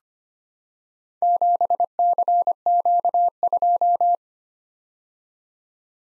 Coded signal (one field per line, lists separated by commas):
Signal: Morse code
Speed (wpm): 25 wpm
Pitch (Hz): 700 Hz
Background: none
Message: 7CQ2